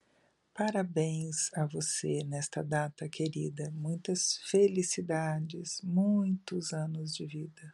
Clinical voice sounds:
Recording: short text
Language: Brazilian Portuguese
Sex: female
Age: 60 to 69 years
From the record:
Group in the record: control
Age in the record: 63 years

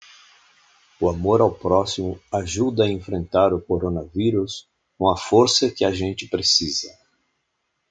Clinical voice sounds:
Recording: spoken sentence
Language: Brazilian Portuguese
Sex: male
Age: 60 to 69 years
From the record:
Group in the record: control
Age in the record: 68 years

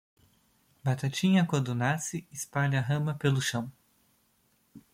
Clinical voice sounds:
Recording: short text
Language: Brazilian Portuguese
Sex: male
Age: 20 to 29 years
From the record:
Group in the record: control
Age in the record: 28 years

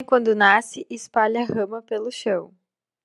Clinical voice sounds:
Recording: short text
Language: Brazilian Portuguese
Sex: female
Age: 20 to 29 years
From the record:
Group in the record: control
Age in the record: 27 years

